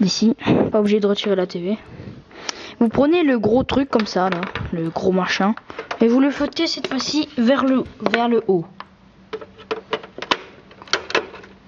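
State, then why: Seated. Someone talks while the large plastic connector of a component (HD) video cable is pushed, facing up, into the AV port of an Xbox 360 game console. Several short knocks and handling sounds follow from about 9.7 s, and the connector seats with a small click at 10.9 s, showing it is properly connected.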